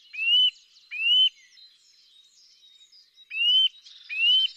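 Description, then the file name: Eurasian nuthatch calling: four bright upward-slurred whistles in two pairs, a little under a second apart within each pair, faint bird chatter behind. "Sitta europaea"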